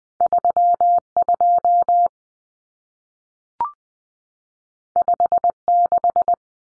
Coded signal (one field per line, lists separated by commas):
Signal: Morse code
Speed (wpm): 20 wpm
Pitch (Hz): 700 Hz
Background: none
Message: 32 56